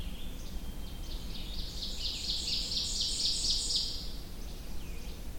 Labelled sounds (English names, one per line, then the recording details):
Ovenbird song
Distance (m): 25 m
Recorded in boreal forest in Alberta, Canada, on 21 June 2016 at 06:51
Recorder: SongMeter 3, array SBT-6-81
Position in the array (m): 32 m, 95 m
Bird 24